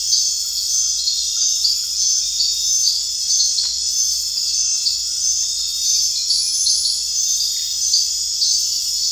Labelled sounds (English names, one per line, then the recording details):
none
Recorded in dense forest near Puerto Asís, Putumayo, Colombia, on 21 March 2025 at 20:00
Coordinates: 0.484, -76.317
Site G064